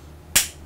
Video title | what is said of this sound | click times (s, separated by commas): How to recognise anaphylaxis and use of adrenaline auto-injectors | into the upper outer thigh from 10 centimeters away until you hear a click | 0.4 s